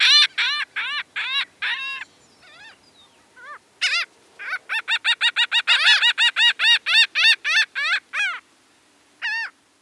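Laughing gull giving a long laughing series of nasal, arched 'ha' notes: a few at first, then a steady, faster run of many notes and a final call.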